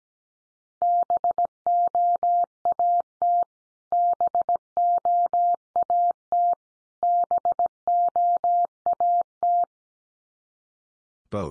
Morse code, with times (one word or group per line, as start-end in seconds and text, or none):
0.8-3.4 BOAT
3.9-6.5 BOAT
7.0-9.6 BOAT